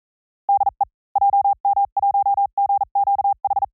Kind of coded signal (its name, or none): Morse code